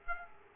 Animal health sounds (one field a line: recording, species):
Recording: mosquito wingbeat signal from an infrared sensor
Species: Aedes aegypti